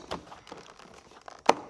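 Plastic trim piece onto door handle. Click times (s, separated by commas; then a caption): 1.5 s. A plastic trim piece is pressed onto the door handle of a BMW 535i F10, refitted as the last step after installing speakers. Soft handling rustles and small ticks lead up to one sharp, loud click at 1.5 s as the piece clicks in and seats.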